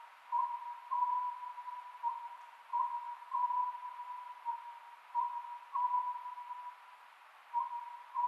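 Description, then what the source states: Oriental scops owl calling, clipped low hoots in small groups recurring every couple of seconds, a continuous even tone audible throughout. Recorded 27 May 2010 at 22:21.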